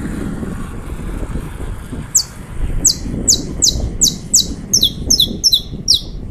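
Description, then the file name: Saffron finch song of sharp, high, falling notes that speed up into paired chips, heard over constant low background hiss. "Canto-do-Canário-da-Terra"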